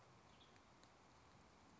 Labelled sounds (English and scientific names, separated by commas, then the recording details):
Western Tanager (Piranga ludoviciana)
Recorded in Sonoma County, California